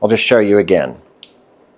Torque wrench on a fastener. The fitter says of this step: So, whenever it clicks like that, you know that it's fully tightened.